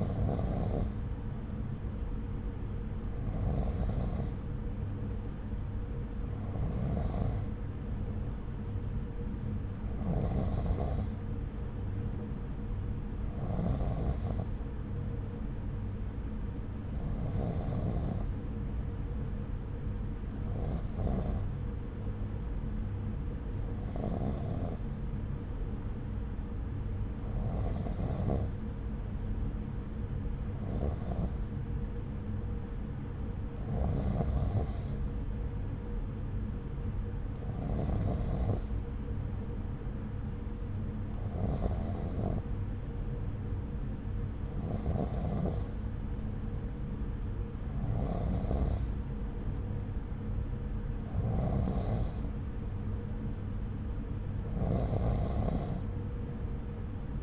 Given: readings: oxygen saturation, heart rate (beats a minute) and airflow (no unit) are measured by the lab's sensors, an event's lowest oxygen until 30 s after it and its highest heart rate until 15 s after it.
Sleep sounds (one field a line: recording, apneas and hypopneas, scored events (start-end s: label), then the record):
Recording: breathing in sleep by a smartphone at the bedside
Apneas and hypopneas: none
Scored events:
none scored
From the record:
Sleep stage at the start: N3 (deep sleep)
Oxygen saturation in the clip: 93%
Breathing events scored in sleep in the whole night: 303 in 8.1 hours asleep